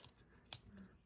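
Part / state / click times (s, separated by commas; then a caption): folding plastic joint on a transforming action figure / not seated / none. A folding plastic joint on a transforming action figure is worked during transformation, and brief handling ticks and a short tap are heard, the loudest near 0.5 s, along with faint background noise. The expected click does not come because that part was already folded down, so nothing has clicked.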